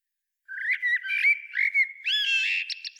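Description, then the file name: Common blackbird delivering a continuous rich warble, mellow fluted notes giving way to harsher, squeakier twittering toward the end; nothing else audible. "Turdus merula"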